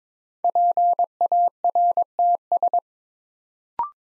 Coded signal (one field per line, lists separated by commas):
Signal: Morse code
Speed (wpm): 22 wpm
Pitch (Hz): 700 Hz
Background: none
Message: PARTS